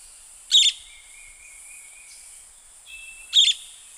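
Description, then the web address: Boat-billed flycatcher calls: two short, harsh, buzzy bursts about three seconds apart, with faint thin whistles between them. Call, from the eastern lowlands of South America. "Natures Songs S America Eastern Lowlands. Megarynchus pitangua, call"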